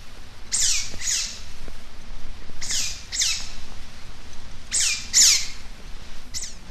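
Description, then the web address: Eurasian otter giving high, sharp squeaking calls that drop in pitch, mostly in quick pairs, about seven calls in all over a faint low rumble. "european otter"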